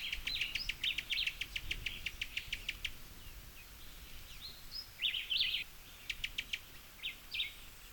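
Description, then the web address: Cuban tody rapid ticking series that stops after three seconds. Scattered twittering notes follow, then a brief burst of ticks. "sound Cuban-tody. صدای-پرنده-تودی-کوبایی"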